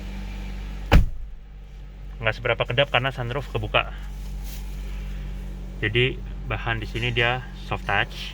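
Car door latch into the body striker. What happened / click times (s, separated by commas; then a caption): Car door shut and latched / 0.9 s. A Renault Koleos Facelift's door is closed, its latch catching the body striker with a single sharp hit at 0.9 s as the door shuts and latches. A steady low hum runs underneath, and afterward someone talks.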